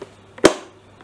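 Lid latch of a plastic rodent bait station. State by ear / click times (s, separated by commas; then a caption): seated / 0.4 s. The plastic lid of a rodent bait station is closed and pressed down until its latch locks. A faint tap at 0.4 s comes just before a sharp, loud click at 0.5 s that rings out briefly, with a few quieter taps elsewhere in the clip. The lid latch locks and is seated.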